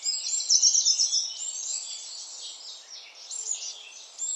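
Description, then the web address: Eurasian blue tit calls, a quick run of high, thin notes through the first second and a half, then fainter scattered notes over steady background hiss. "cianscape birddata Deverinetal 2025 Bird Only Cy Ca"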